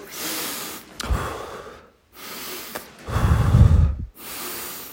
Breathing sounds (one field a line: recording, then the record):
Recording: deep breathing after running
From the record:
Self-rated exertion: moderate exertion (3 of 6)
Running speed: 8 miles an hour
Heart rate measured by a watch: 111 beats a minute at the start, 110 at the end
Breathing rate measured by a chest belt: 16 breaths a minute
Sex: male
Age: 23 years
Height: 172 cm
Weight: 73 kg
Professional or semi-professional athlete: no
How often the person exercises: 3 to 5 times a week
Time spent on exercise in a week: over 5 hours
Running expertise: yes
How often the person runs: 3 to 5 times a week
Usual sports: running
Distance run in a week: 40 km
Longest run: 20 km